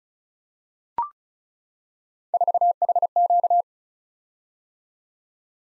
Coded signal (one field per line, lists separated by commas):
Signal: Morse code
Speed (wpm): 36 wpm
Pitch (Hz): 700 Hz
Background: none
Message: 4HQ